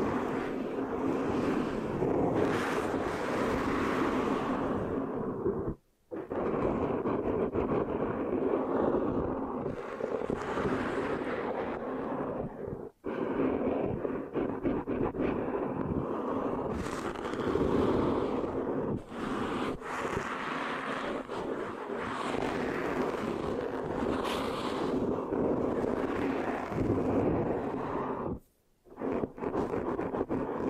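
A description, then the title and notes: Mic scratching fills the clip: a dense, continuous rasping and rubbing, with sticky, uneven strokes shifting in texture throughout. Brief silences break it near 6, 13 and 28 seconds before the scratching resumes. ASMR Giving You a Brain Peel Mic Scratching, Sticky, Brain Massage Triggers (No Talking).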